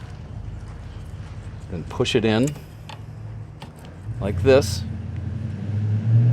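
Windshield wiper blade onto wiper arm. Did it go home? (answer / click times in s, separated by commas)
no / none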